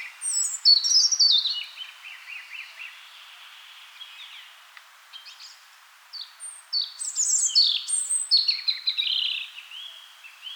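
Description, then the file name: European robin song: high, thin, tumbling phrases, a pause of several seconds with only faint notes, then more varied twittering phrases until the end. "Rotkehlchen"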